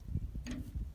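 A four-wheel-drive engagement knob on an old tractor is moved and gives a single sharp metal detent click at 0.5 s over a low rumbling background. The knob clicks into place and is seated.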